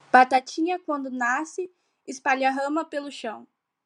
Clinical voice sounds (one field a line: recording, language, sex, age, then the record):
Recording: short text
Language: Brazilian Portuguese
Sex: female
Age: 18 to 19 years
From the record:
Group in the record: control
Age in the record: 18 years